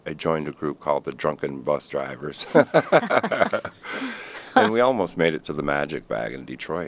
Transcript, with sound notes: I joined a group called the Drunken Bus Drivers [LAUGHTER] and we almost made it to the Magic Bag in Detroit.